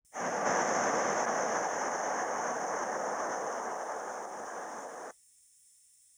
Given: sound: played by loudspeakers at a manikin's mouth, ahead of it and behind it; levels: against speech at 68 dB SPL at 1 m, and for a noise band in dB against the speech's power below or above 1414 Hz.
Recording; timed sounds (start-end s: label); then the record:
test signals for a remote microphone
0.11-5.11 s: speech-spectrum noise from the mouth, +10 dB
From the record:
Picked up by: remote microphone C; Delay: 23 ms